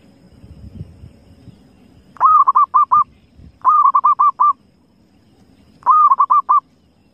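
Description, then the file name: Zebra dove repeating its staccato cooing phrase three times, each a longer opening note and a run of brisk short notes, separated by quiet pauses with low rumbling. Lure call used for trapping zebra doves. "suara perkutut pikat"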